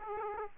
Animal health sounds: mosquito wingbeat signal from an infrared sensor; Aedes aegypti

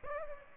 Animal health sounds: mosquito wingbeat signal from an infrared sensor; Aedes aegypti

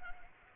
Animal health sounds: mosquito wingbeat signal from an infrared sensor; Anopheles arabiensis

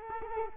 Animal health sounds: mosquito wingbeat signal from an infrared sensor; Culex quinquefasciatus

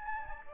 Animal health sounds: mosquito wingbeat signal from an infrared sensor; Anopheles gambiae

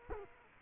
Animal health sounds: mosquito wingbeat signal from an infrared sensor; Culex quinquefasciatus

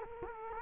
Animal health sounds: mosquito wingbeat signal from an infrared sensor; Culex quinquefasciatus

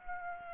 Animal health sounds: mosquito wingbeat signal from an infrared sensor; Aedes aegypti

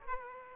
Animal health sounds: mosquito wingbeat signal from an infrared sensor; Aedes aegypti

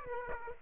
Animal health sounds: mosquito wingbeat signal from an infrared sensor; Aedes aegypti

